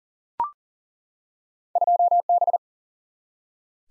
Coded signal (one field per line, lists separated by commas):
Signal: Morse code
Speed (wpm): 40 wpm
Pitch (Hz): 700 Hz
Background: none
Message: 2B